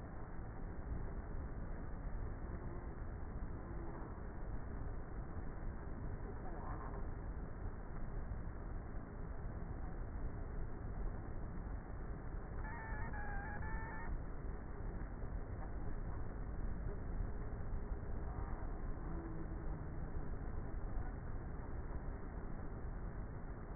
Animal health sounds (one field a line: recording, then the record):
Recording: honeybee colony, microphone inside the hive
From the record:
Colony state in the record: queenless with a low population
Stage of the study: before two queens were removed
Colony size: about 30,000 bees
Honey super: no